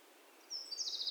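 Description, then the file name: Eurasian wren giving a short burst of very high, rapid trilling notes that begins midway and runs to the end, over a soft hiss. "Troglodytes troglodytes"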